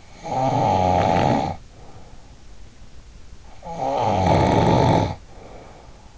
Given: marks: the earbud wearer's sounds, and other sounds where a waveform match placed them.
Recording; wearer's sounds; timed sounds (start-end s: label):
sounds in sleep by an in-ear microphone; snoring breath
0.05-2.36 s: snoring breath
3.45-6.18 s: snoring breath